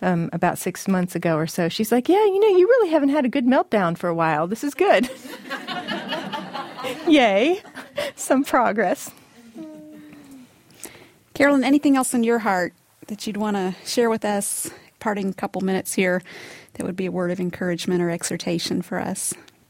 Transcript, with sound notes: about six months ago or so, “You know, you really haven’t had a good melt down for a while. This is good.” (Sounds of laughter) Yeah! Some progress!
Carolyn, anything else on your heart that you’d want to share with us in parting, a couple minutes here that would be a word of encouragement or exhortation for us?